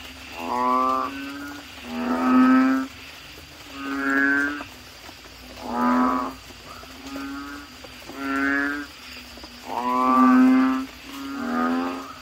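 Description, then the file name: Asian common toad calls: steady sequence of brief, deep, buzzing moans roughly every one and a half to two seconds, with a light hiss behind. "suara kodok bangkong"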